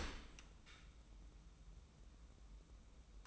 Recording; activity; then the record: daily activity, microphone in the room; open dishwasher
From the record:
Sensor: 1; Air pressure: 994.4 hPa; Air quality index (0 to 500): 216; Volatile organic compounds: 1000 ppm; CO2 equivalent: 7770 ppm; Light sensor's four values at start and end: 113/256/114/123 and 115/262/117/126